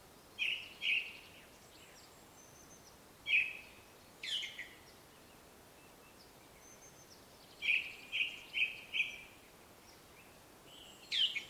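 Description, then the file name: Ring ouzel delivering clear repeated notes, singly and in pairs, then a steady series of four ringing notes, with occasional harsh scratchy fragments between. Song recorded in Slovakia with an Olympus LS-11 portable recorder. "Turdus Torquatus Song Slovakia"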